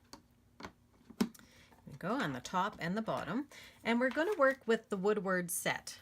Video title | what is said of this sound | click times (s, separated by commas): The Stamparatus Why I have the Best Stamp Positioner Available | they just snap into place go | 0.1 s, 1.2 s